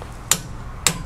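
A click-type torque wrench tightens a rear brake caliper bolt on a Ford C-MAX / Escape to 35 Nm. Two sharp, bright clicks ring out at 0.3 s and 0.9 s over a quiet background. The wrench clicks at 35 Nm, confirming the bolt is correctly torqued.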